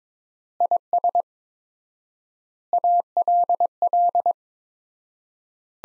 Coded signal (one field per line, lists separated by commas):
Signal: Morse code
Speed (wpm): 22 wpm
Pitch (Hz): 700 Hz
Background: none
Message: IS ALL